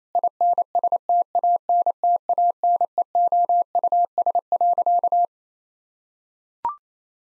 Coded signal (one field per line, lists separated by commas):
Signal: Morse code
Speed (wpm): 28 wpm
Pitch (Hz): 700 Hz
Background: none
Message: INSTANTANEOUS.